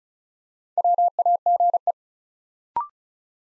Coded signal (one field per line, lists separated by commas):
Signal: Morse code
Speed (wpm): 36 wpm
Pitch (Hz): 700 Hz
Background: none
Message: WAGE